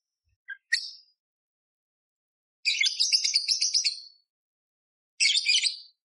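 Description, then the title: Budgerigar chatter: a couple of short chirps, then a long burst of rapid, scratchy high twittering, and a final brief chattering phrase after a pause. Masteran bird-training song of a budgerigar singing loudly and clearly, with harsh 'tembakan' fill phrases, meant for tutoring kacer (oriental magpie-robins). "Masteran Burung Parkit Gacor Jernih Full Isian Tembakan Kasar Cocok Buat Kacer"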